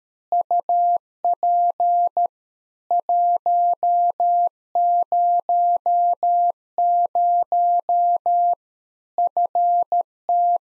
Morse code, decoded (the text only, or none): UP 100 FT